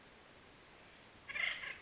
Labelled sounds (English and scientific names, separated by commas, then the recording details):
Acorn Woodpecker (Melanerpes formicivorus)
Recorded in Sonoma County, California